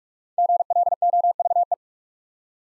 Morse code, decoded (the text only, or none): GLOVE